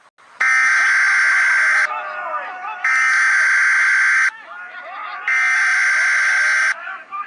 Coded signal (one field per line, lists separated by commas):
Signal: Emergency Alert System (SAME) tones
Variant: header bursts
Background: speech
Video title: EAS Scenario Earth's Villain